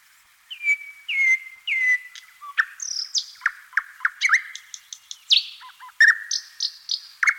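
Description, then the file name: Thrush nightingale song of slurred whistles, then varied quick sharp notes and high piping phrases, rich and continuous. "Solovej obyknovennyj Luscinia luscinia - Penie"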